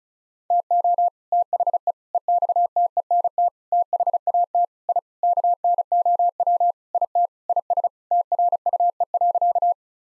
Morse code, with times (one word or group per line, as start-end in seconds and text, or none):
0.5-1.1 TO
1.3-1.9 THE
2.1-3.5 EXTENT
3.7-4.6 THAT
4.9-5.0 I
5.2-6.7 KNOW
6.9-7.3 IT
7.5-7.9 IS
8.1-9.7 TRUE.